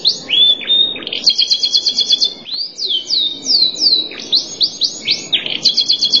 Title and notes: Suara Burung Kenari